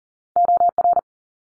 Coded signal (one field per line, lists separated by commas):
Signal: Morse code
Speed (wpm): 40 wpm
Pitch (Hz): 700 Hz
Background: none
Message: OR